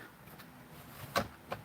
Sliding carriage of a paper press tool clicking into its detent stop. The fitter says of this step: till it clicks and you push down